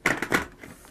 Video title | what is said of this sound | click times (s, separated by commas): How To Change A Scorpion EXO500 Air Visor | and just make sure it clicks in | 0.1 s